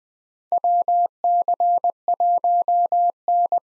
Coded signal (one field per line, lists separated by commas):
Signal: Morse code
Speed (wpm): 21 wpm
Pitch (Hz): 700 Hz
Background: none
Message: WC1N